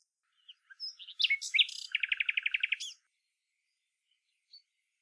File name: Luscinia megarhynchos